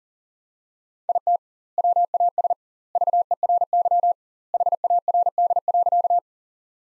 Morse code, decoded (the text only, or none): IT WAS VERY HARD.